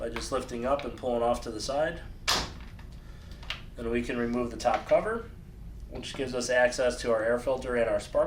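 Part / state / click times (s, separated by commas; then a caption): locking side tab of a chainsaw top cover / released / 3.5 s. Someone talks while the plastic locking side tabs on a chainsaw's top cover are lifted up and pulled aside to reach the air filter and spark plug. A short plastic snap is heard at 3.5 s as a tab lets go, and the cover is released.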